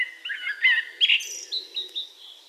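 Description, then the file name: Eurasian blackbird giving a short burst of fluty whistles followed by softer, fading twittered notes. "Turdus merula"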